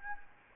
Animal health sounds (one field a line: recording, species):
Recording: mosquito wingbeat signal from an infrared sensor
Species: Anopheles gambiae